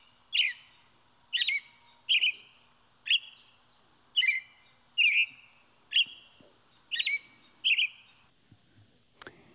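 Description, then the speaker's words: American Robin song: nine short clear phrases, then a sharp click. Song sung to defend territory and attract a mate. "Well, what we just heard is what would be considered the robin's song. So that's what they're singing to defend their territory and attract a mate."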